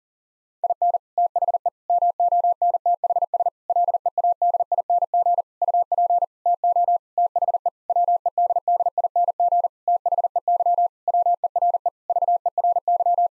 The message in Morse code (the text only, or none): IN THE MONTHS LEADING UP TO THE WEDDING THEY WERE VERY